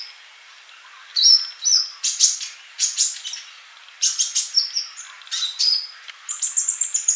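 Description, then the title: Bird song opens quietly, then lively chirps and whistled phrases follow, ending in a quick rapid series of high, evenly spaced notes. "Kicau Burung"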